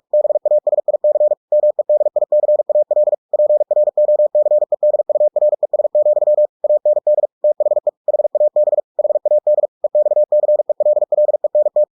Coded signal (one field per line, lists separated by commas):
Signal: Morse code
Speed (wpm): 46 wpm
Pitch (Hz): 600 Hz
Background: none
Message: BASIC MEDICAL PROCEDURES, AND THE HAB HAD EXCELLENT